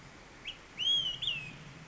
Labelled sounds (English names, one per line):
Olive-sided Flycatcher